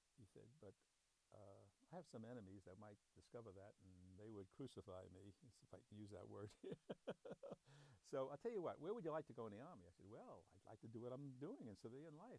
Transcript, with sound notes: He said, "But I have some enemies that might discover that and they would crucify me, if I can use that word." [laughs] "So I'll tell you what. Where would you like to go in the Army?" I said, "Well, I'd like to do what I'm doing in civilian life.